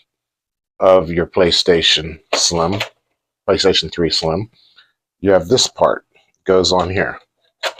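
Someone talks while handling a plastic cover piece on the right-hand side of a PlayStation 3 Slim console chassis, being fitted on before it slides and locks into place. Nothing has seated or clicked yet; the clip ends with only a brief faint sound at 7.8 s.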